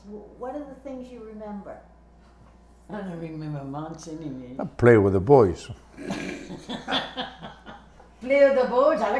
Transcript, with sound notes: What are the things you remember?
I don't remember much anyway.
Played with the boys. ( they laugh )
Play with the boys?